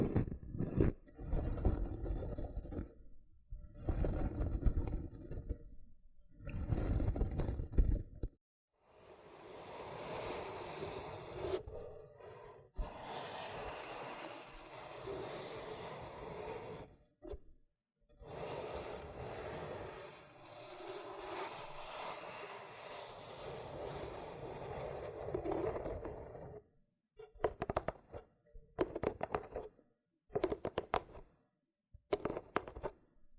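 Loofah being rubbed and peeled, starting with short, heavy bursts of scraping with a deep low thump, broken by sudden silences. From about 9 to 26 seconds the rubbing turns steady and hissy, then it breaks into quick, choppy scrapes and pops until the end.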